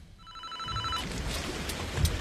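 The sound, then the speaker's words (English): A mobile phone rings with a steady electronic tone for about a second, then gives way to loud rustling, shuffling noise with a soft thump near the end. “I'll let it go to voicemail.”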